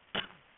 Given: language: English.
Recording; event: throat vibration sensor signal played as sound; cough